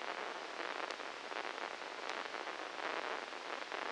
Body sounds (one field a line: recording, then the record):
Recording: brain microelectrode recording played as sound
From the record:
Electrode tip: inside the subthalamic nucleus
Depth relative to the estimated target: -1 mm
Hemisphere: left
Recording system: NeuroSet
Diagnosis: Parkinson's disease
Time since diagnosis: 13 years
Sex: male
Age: 63 years